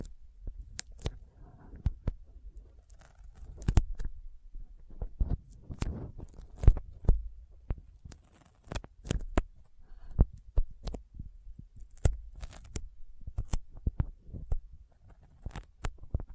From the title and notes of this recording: ASMR Intense Sticky Finger Sounds (No Talking).